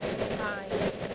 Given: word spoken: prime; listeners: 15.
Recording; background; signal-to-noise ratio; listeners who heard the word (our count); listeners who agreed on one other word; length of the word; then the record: one English word in noise, from a listening test; noise modulated by three-talker babble; -7.3 dB; 1 of 15; 6 of 15; 0.75 s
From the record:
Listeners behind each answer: 6, 2, 1, 1, 1, 1, 1, 1, 1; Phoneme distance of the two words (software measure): 34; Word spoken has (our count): 1 syllable, 4 phonemes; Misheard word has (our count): 1 syllable, 4 phonemes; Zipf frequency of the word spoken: 5.20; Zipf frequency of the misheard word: 5.60